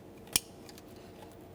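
The ignition wiring harness electrical connector is pushed onto the socket of a new distributor on a 1994-1997 Honda Accord, and a single sharp, short snap is heard at 0.4 s (0.35 s) as it clicks in, followed by a couple of faint ticks. The connector is seated.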